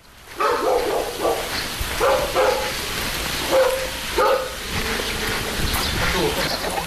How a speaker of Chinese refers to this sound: 阎余山家的小院鸡犬相闻